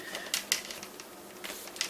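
The plastic screen bezel clips on a Toshiba Portege Z935-P300 laptop display lid pop loose as the bezel is pried away from the lid, with sharp snaps at 0.3, 0.5 and 1.8 s among fainter ticks. The bezel releases, and the pops are only the clips letting go, not anything cracking or breaking.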